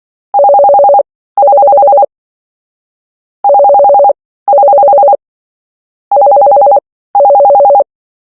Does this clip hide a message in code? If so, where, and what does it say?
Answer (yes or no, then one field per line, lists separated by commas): no